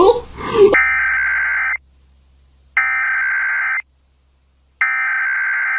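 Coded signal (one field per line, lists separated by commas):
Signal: Emergency Alert System (SAME) tones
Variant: header bursts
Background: speech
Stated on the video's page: Fan-made, simulated EAS alarm test, not a real airing.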